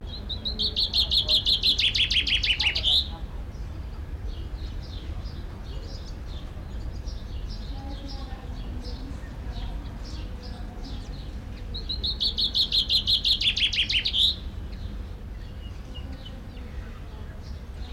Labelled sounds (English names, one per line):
Common Chaffinch